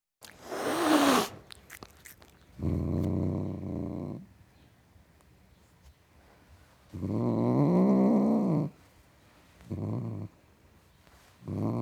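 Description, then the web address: Domestic cat giving a sharp, breathy hiss, then low rumbling growls in several bursts separated by quiet gaps. Male tom cat, growling. "BBC Sound Effects Library. Tom Cat Growling"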